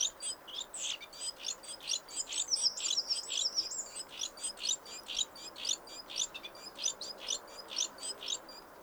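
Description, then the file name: Great tit calls, a dense run of sharp high chirping notes repeated rapidly throughout, with a few thin wavering whistles mixed in near the middle. "Parus major"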